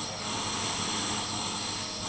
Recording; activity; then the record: daily activity, microphone in the room; vacuum cleaning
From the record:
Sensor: 4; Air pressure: 991.8 hPa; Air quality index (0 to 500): 113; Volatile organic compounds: 20 ppm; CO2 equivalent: 2690 ppm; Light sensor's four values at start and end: 17/57/21/21 and 18/60/22/22